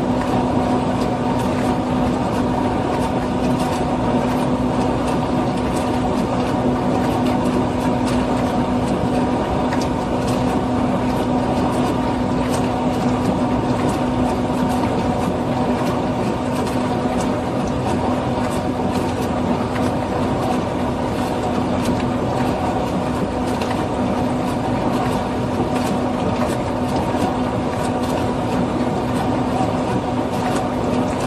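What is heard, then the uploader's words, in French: A dishwasher runs steadily with a dense, rushing wash of water and a low motor hum that is strongest through the first half and eases after about fifteen seconds. Frequent small splashes and clicks ripple through the sound as the spray hits the dishes. Lave-vaisselle.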